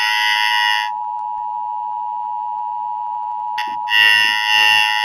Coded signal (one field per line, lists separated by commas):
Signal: Emergency Alert System (SAME) tones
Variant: 853 and 960 Hz attention tone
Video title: Emergency alert system Шкала Стремянка